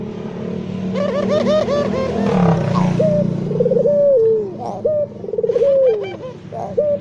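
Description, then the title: Barbary dove repeating loud purring coos that rise and then slide down, with a low rumble early on. White Barbary dove; used as training audio for songbirds. "Masteran Burung Puter Putih"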